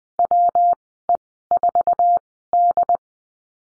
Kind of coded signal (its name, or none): Morse code